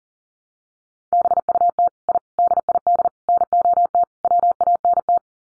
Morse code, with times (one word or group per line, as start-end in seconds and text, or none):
1.1-1.9 BUT
2.1-2.2 I
2.4-3.1 DID
3.3-4.0 NOT
4.2-5.2 WANT